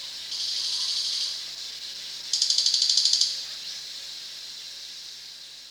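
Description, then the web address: Crested jay producing a smooth, high hissing buzz followed by a quick mechanical rattle of many clicking pulses. Recorded at Danum on 1 January 2008. "DANUM 20080101. sound crested jay"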